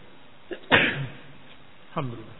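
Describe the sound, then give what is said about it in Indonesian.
A brief catch of breath leads into one sharp, loud sneeze that trails off quickly, and a moment later a man begins speaking. “Alhamdulillah. Yahdikumullah.”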